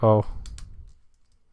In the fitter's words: snap all the snaps yes